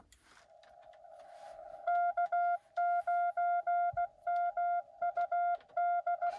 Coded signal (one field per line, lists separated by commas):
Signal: Morse code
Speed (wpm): 16 wpm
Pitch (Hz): 690 Hz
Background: none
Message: K9MUD